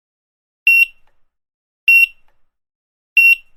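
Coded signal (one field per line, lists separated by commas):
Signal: none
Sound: checkout scanner beeps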